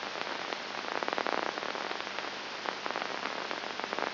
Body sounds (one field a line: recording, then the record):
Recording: brain microelectrode recording played as sound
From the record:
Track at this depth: inside the subthalamic nucleus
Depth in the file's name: 0.906 mm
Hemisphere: left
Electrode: 2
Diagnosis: Parkinson's disease